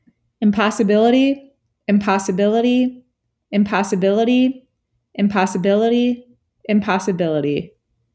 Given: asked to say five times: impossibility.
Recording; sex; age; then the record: repeated word; female; 20 to 29 years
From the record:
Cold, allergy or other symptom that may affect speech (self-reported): no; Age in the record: 28 years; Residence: New York, United States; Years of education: 19